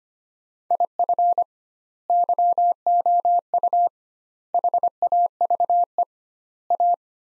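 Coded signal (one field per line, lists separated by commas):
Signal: Morse code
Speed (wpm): 25 wpm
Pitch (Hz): 700 Hz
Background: none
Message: IF YOU HAVE A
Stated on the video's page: Practice sets of four words at 25 wpm with 2x word spacing, a Farnsworth-like method applied to words.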